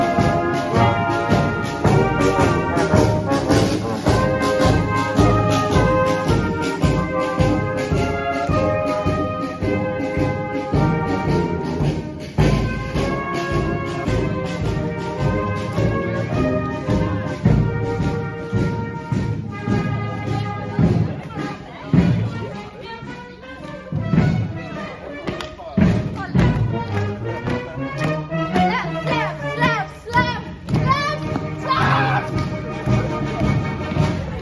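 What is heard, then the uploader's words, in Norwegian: A morning 17th of May parade moves through the town centre, a marching band playing steadily over crowd chatter, children's voices and occasional thuds. Morgontog gjennom sentrum. 17. mai-stemning i Borggata på morgonkvisten.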